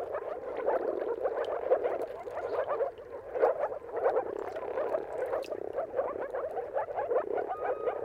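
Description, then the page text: Moor frogs calling together, a thick bubbling, watery drone of overlapping soft barks, with a brief thin whistle near the end. Mating calls of moor frogs at sunrise, at the turn of March and April, timing depending on weather. "Jakub-Orzecki moor frogs. Dawn’s Chorus: Mating Calls of Marsh Frogs at Sunrise. Depending on the weather at the turn of March and April, you can witness an amazing spectacle of moor frogs"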